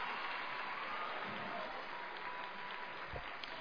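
Steady applause from an audience for a person being introduced, a dense wash of clapping that holds at an even level for a few seconds with no voices over it.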